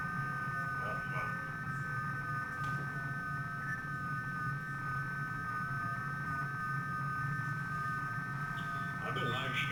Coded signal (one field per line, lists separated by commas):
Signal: FT8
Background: speech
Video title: Running some FT8 basic overview of WSJTX and grid tracker